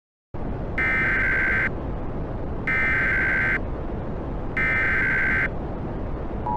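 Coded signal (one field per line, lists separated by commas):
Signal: Emergency Alert System (SAME) tones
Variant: header bursts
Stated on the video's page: Valid EAS SAME tones in a fictional zombie-virus scenario, a simulated alert rather than a real broadcast.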